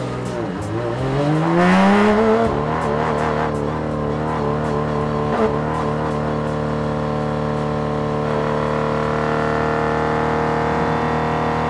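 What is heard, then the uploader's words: Onboard a race car, the engine note climbs sharply in the first two seconds, then drops with a quick shift and settles into a steady, dense, high-revving drone. Brief clicks and knocks punctuate it every second or so, with a loud burst near two seconds. Porsche 911 RSR In-Car Audio, Sebring. Taken from the tail of the championship-winning IMSA GT Le Mans machines during practice. We wanted to preserve the cry of the original 911 RSR, done by placing our recorder just above the screaming 4.0-liter flat-six engine's rear-facing exhaust fury.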